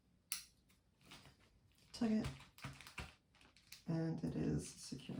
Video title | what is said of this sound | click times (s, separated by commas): Ostomy Bag Change - Ileostomy Crohns | and then lock it in | 0.3 s